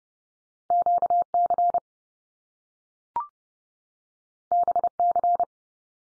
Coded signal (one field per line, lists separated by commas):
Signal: Morse code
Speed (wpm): 30 wpm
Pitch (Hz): 700 Hz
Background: none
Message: QC BC